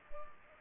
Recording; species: mosquito wingbeat signal from an infrared sensor; Culex pipiens